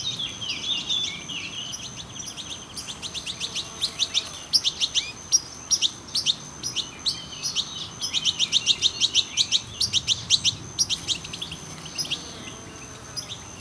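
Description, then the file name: European goldfinch giving bright, liquid twittering calls in quick clustered runs, with a short pause near the middle before the chatter resumes. "Carduelis carduelis"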